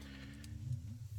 A dog snoring in the background.